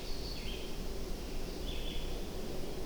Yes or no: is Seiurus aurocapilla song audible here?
no